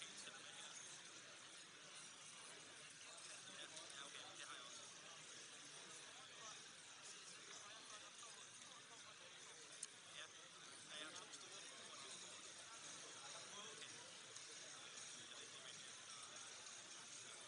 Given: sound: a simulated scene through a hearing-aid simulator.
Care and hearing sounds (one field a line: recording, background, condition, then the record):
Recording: conversation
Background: cafeteria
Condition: -6 dB SNR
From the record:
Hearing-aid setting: anchor resembling a broken hearing aid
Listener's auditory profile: C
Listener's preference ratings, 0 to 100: 1, 0, 0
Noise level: 65 dB SPL